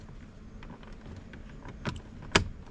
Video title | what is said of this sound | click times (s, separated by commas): 6th Gen Camaro Banks Gauge Install | There it goes. Now it's fully seated. Hear that little click in there, hopefully. | 2.4 s